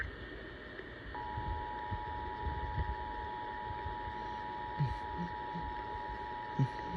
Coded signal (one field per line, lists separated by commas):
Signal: Emergency Alert System (SAME) tones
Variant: 853 and 960 Hz attention tone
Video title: Monthly and Weekly EAS Tests Starting off June (6/1/22) (EAS #174-175)